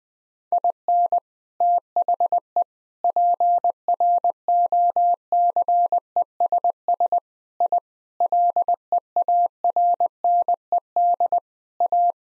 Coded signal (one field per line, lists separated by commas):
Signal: Morse code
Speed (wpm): 20 wpm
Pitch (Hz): 700 Hz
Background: none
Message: IN THE PROCESS I LEARNED A